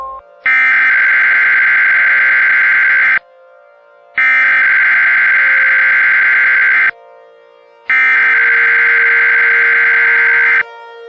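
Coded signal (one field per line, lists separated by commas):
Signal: Emergency Alert System (SAME) tones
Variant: header bursts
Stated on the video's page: Reenacted mock Hawaii tsunami warning based on a real alert following an 8.7 earthquake near Russia.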